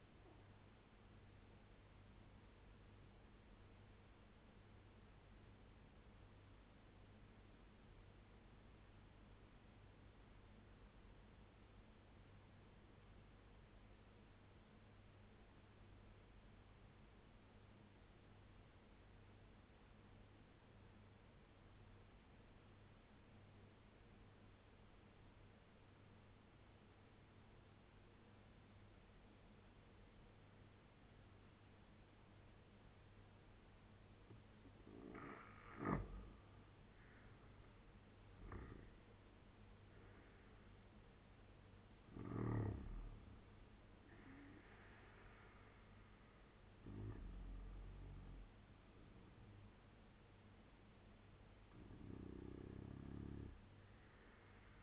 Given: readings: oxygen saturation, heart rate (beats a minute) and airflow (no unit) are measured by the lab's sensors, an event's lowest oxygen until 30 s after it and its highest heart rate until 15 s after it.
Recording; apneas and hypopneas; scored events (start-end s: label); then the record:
breathing in sleep by a voice recorder at the bedside; 1
6.00-34.00 s: obstructive apnea (N2, oxygen 95% highest, then 83% lowest, heart rate 71 at the start, 84 highest)
From the record:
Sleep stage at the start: N2 (light sleep); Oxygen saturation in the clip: 83 to 96%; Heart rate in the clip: 69 to 84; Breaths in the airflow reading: 5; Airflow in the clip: -7.9 to 10.6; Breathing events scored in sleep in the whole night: 201 in 6.5 hours asleep